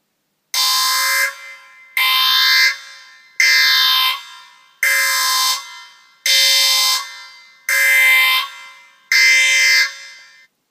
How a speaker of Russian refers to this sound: как вдруг ни с того ни с сего пронзительно взвыла сирена.